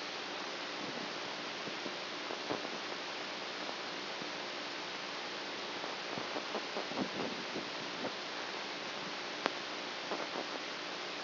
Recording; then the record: brain microelectrode recording played as sound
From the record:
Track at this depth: outside the subthalamic nucleus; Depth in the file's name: 5.501 mm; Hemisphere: right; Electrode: 2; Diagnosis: Parkinson's disease